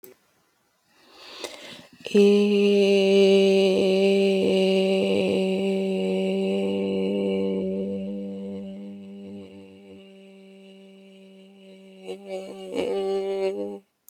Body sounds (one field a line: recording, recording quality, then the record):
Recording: sustained vowel as in made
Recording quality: excellent, no background noise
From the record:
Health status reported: healthy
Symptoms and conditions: hypertension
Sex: female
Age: 28 years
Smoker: not ticked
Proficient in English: yes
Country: United States